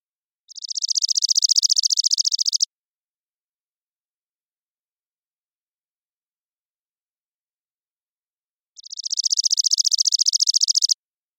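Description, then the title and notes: Chipping sparrow song: two dry, rapid, even trills of high chips, each about two seconds long, separated by roughly six seconds of silence. Single bird's trilling song, parabolic recording, natural pace, rhythm and dynamics kept, cleaned for clarity; Pacific Northwest, Washington, United States; intermixed tree-grass open spaces. "Chipping Sparrow, Spizella passerina, trilling song, single species parabolic recording, single bird performance, natural pace, rhythm, & dynamics maintained, clean processed for clarity, family: New World Sparrows, common voice of intermixed tree-grass open spaces Recorded in the beautiful Pacific Northwest, Washington, United States"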